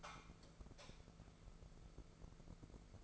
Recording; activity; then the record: daily activity, microphone in the room; light off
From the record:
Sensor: 5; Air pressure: 1014.7 hPa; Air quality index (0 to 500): 155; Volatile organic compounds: 5 ppm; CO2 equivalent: 1706 ppm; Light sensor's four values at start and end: 184/442/188/206 and 181/433/184/203